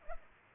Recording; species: mosquito wingbeat signal from an infrared sensor; Culex pipiens